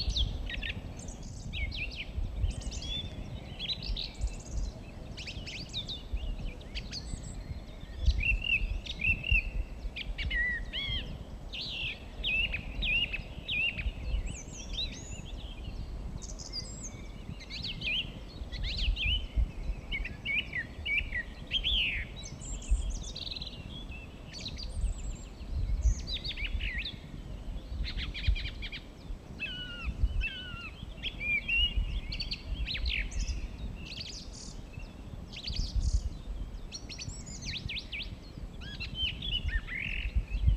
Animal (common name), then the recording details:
Song Thrush. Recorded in the wild. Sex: male. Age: adult. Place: Mirnock, Kärnten, AT. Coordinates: 46.75, 13.73. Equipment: Uher 4000, Phillips Mikrofon. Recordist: Brunner, Thomas